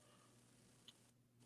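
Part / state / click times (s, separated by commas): beading thread into the comb of an earring loom / seated / 0.9 s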